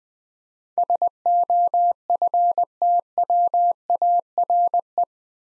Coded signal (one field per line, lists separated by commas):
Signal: Morse code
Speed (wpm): 20 wpm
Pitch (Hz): 700 Hz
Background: none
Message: SOFTWARE